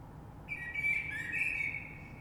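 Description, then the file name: Common blackbird singing a short mellow fluted phrase with a thin high flourish, over low background hum. Recorded 3 March 2020. "Rush Merle"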